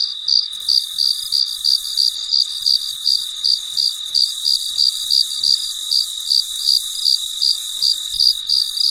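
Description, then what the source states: Cricket chirping, regular high pulses about three per second above a sustained shrill insect drone. Recorded late at night in very quiet surroundings.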